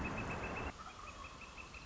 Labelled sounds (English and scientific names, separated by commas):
Northern Flicker (Colaptes auratus)